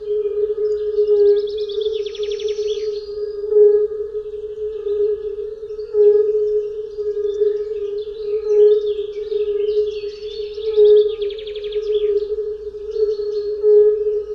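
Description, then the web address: European fire-bellied toad chorus, a steady low mellow hum of overlapping soft 'ooh' notes with louder pulses every couple of seconds, while songbirds twitter and trill above. "Tajemnice puszczy Kumak nizinny"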